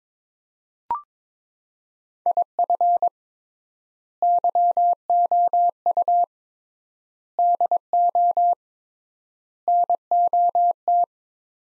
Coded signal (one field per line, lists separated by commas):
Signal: Morse code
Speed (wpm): 22 wpm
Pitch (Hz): 700 Hz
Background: none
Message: IF YOU DO NOT